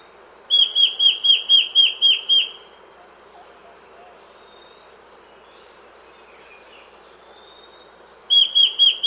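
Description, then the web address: Immaculate antbird song of rapid, evenly spaced high whistled notes in a run of about seven, then silence and a new run beginning at the end, over soft background noise. South America. "Natures Songs S America Immaculate Antbird"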